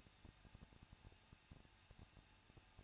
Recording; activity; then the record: daily activity, microphone in the room; no activity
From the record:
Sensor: 2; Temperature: 21.0 degrees Celsius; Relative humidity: 37.4%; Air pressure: 1006.1 hPa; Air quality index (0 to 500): 222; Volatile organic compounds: 24 ppm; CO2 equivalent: 2812 ppm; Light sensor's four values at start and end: 2/3/2/2 and 2/3/2/2